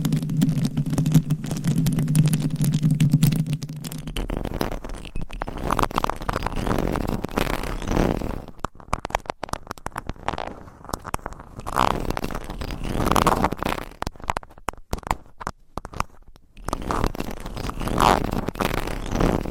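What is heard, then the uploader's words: Microphones are scratched and tapped through homemade covers, starting with a low, steady hum-like rumble for about four seconds. After that come dense, irregular scratching and rubbing with quick taps, short dropouts of near silence, and bursts of brighter friction around 8, 12 and 18 seconds. Mic Scratching & Tapping on 7 Mics with DIY Mic Covers. No Talking.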